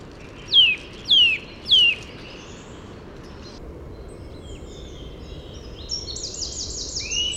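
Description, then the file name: Eurasian nuthatch giving three sharp whistles that drop steeply in pitch, evenly spaced, then quieter chirping from other birds takes over. "Sitta europaea"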